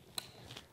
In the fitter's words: that's it you hear that audible click and it's locked in